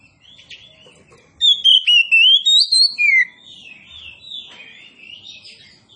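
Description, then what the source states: Oriental magpie-robin song: one loud burst of fluty, rising and falling whistles lasting about two seconds, framed by softer warbled notes. Indonesian name Kacer Poci; described as gacor, singing actively and vigorously.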